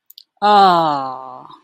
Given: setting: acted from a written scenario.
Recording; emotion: vocal sound without words; disappointment